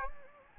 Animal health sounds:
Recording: mosquito wingbeat signal from an infrared sensor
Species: Anopheles gambiae

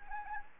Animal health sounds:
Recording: mosquito wingbeat signal from an infrared sensor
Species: Anopheles arabiensis

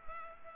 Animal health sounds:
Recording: mosquito wingbeat signal from an infrared sensor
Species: Culex pipiens

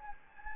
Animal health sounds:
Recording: mosquito wingbeat signal from an infrared sensor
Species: Anopheles gambiae

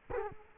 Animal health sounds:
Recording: mosquito wingbeat signal from an infrared sensor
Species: Culex quinquefasciatus

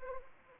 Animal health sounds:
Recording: mosquito wingbeat signal from an infrared sensor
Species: Anopheles arabiensis

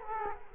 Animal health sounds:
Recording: mosquito wingbeat signal from an infrared sensor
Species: Culex quinquefasciatus

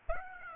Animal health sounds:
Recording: mosquito wingbeat signal from an infrared sensor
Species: Aedes aegypti

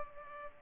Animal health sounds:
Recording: mosquito wingbeat signal from an infrared sensor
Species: Culex pipiens

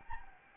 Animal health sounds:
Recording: mosquito wingbeat signal from an infrared sensor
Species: Anopheles gambiae

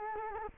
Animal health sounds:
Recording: mosquito wingbeat signal from an infrared sensor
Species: Culex quinquefasciatus

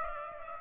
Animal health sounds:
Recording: mosquito wingbeat signal from an infrared sensor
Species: Aedes aegypti

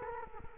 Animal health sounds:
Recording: mosquito wingbeat signal from an infrared sensor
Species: Culex quinquefasciatus

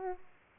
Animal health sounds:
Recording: mosquito wingbeat signal from an infrared sensor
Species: Aedes aegypti

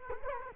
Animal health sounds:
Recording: mosquito wingbeat signal from an infrared sensor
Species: Culex quinquefasciatus

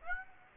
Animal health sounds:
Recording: mosquito wingbeat signal from an infrared sensor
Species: Aedes aegypti

